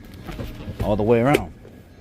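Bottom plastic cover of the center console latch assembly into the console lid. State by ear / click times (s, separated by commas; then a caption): not seated / none. The bottom plastic cover of the center console latch assembly on a 2016–2020 GM Tahoe, Suburban, Silverado or Denali is being handled and pressed back into the console lid all the way around. Someone talks over faint handling noise. Nothing has seated or clicked yet.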